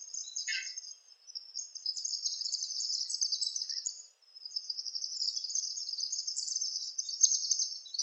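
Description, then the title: Palm tanager producing continuous high, buzzy twittering chatter, with two short pauses. "Sanhaçu-do-coqueiro (Tangara palmarum)"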